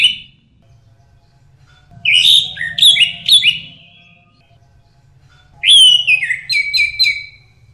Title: Burung Anis Merah